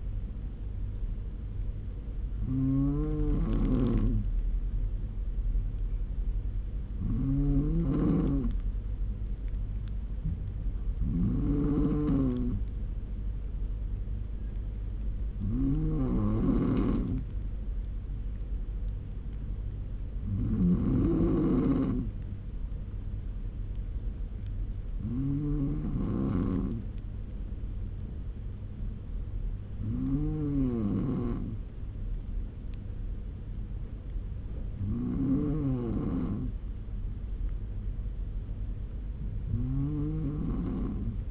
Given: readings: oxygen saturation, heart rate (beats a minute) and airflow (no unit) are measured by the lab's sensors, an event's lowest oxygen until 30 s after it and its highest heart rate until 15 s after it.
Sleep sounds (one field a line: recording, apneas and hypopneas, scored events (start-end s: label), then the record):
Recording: breathing in sleep by a smartphone at the bedside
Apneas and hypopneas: none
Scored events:
none scored
From the record:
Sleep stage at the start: N2 (light sleep)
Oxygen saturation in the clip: 94 to 95%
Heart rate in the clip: 69 to 77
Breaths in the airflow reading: 9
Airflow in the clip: -4.3 to 3.7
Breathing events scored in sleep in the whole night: 201 in 6.5 hours asleep